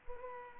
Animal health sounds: mosquito wingbeat signal from an infrared sensor; Culex pipiens

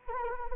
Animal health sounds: mosquito wingbeat signal from an infrared sensor; Anopheles arabiensis

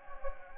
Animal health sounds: mosquito wingbeat signal from an infrared sensor; Anopheles gambiae

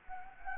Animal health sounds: mosquito wingbeat signal from an infrared sensor; Anopheles gambiae

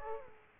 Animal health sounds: mosquito wingbeat signal from an infrared sensor; Aedes aegypti

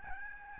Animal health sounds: mosquito wingbeat signal from an infrared sensor; Aedes albopictus

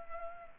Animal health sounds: mosquito wingbeat signal from an infrared sensor; Culex pipiens

